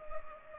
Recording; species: mosquito wingbeat signal from an infrared sensor; Culex pipiens